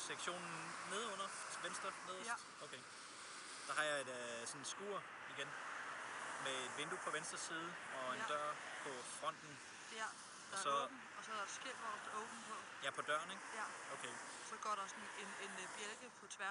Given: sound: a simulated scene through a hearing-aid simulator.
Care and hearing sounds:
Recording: conversation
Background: traffic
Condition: +4 dB SNR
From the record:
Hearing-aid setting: IV (slow-acting compression, loudness normalization)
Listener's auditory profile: C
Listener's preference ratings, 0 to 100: 19, 41, 60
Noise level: 75 dB SPL

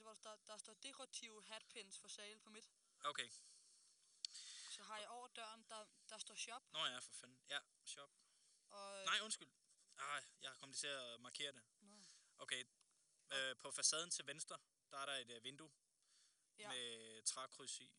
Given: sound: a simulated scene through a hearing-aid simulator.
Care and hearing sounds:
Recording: conversation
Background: quiet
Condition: 75 dB SPL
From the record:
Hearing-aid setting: standard clinical setting (NAL)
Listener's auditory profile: B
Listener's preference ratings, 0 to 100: 78, 93, 93

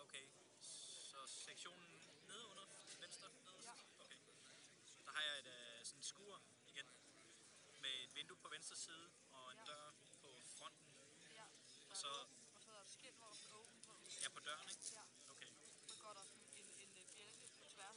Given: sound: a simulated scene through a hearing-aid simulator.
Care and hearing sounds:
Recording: conversation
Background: cafeteria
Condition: 0 dB SNR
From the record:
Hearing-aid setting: standard clinical setting (NAL)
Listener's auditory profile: C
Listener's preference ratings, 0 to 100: 97, 95, 76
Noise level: 65 dB SPL

